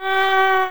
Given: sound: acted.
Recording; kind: vocal sound; neutral vocalization